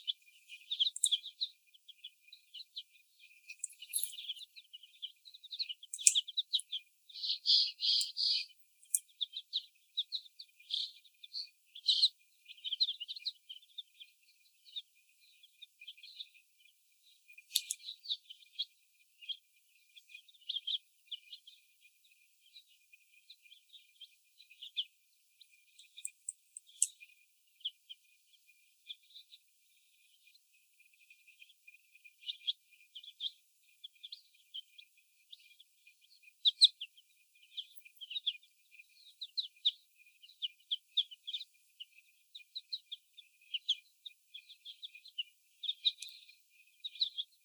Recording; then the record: young laying hens in a cage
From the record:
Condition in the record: before the stressor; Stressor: sudden umbrella opening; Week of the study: 1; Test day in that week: 1